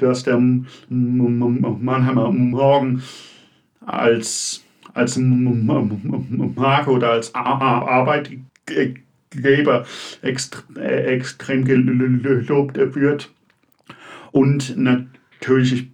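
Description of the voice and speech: A man in his mid to late twenties speaks German in halting bursts with stretched sounds, a repeated word ("als… als"), part-word repeats ("ext… extrem", "ge-le-lobt") and frequent pauses. These are repetitions, prolongations and blocks typical of stuttering in adult speech.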